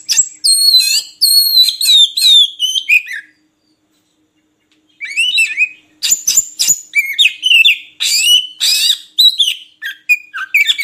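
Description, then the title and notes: Oriental magpie-robin song: a rapid falling sequence of whistles, a two-second silence, then renewed varied whistling and clicking notes. Long-duration filler (isian) song for training magpie-robins to sing actively day and night. "Kacer Jadi Gacor Siang Malam. Isian Kacer Durasi Panjang"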